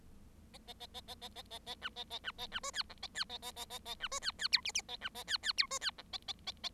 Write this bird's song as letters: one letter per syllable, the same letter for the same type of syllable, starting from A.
A A A A A A A A A B A A B A B C D E A D A A A A A B C D D F G G A B A D D F C D E A A A A